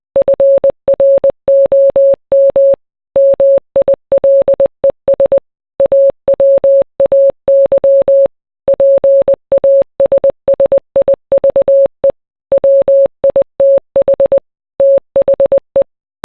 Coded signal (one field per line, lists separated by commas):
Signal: Morse code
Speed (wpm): 20 wpm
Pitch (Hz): 550 Hz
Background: none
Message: FROM MILES AWAY PASSIVE WITH THE